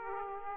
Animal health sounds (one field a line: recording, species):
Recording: mosquito wingbeat signal from an infrared sensor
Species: Aedes aegypti